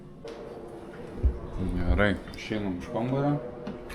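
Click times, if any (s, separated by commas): none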